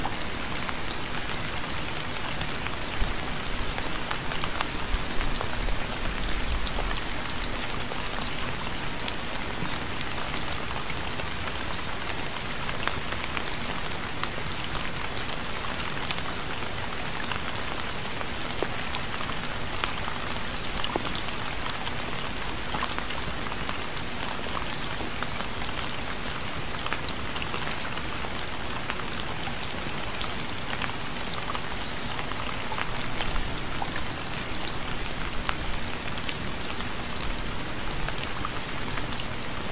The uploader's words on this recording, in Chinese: 雨中漫步！聆听初秋的雨声。